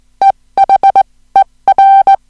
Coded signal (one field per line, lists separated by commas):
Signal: Morse code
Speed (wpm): 18 wpm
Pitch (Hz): 780 Hz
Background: music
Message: EHER